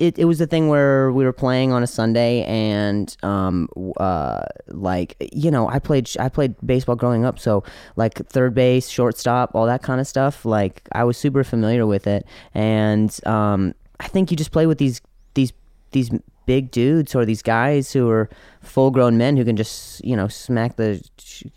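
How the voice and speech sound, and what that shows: A man tells a story in mostly fluent, clear speech, broken by long filled pauses ("um") and a three-time repetition of "these" with pauses between. These are mild stuttering-like disfluencies of an acquired stutter that began at age 20 after a softball struck him in the throat and he fell, hitting his head with a concussion.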